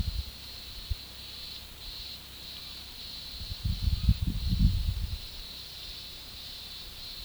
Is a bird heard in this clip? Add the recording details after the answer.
no. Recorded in pastures near Puerto Asís, Putumayo, Colombia, on 18 February 2024 at 12:00. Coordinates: 0.486, -76.323. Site G6462